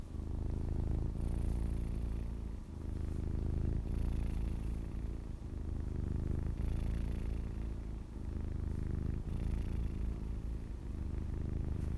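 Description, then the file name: Domestic cat purring, a low continuous rumble that swells and eases with each breath, roughly every two and a half seconds. "purring"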